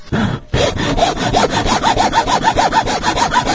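A hand saw cuts through wood in quick, steady back-and-forth strokes, each stroke a loud raspy scrape with a rising pitch, continuing for several seconds after a brief pause at the start.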